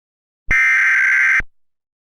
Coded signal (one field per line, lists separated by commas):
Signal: Emergency Alert System (SAME) tones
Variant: header bursts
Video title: The Great War - A WW3 EAS Scenario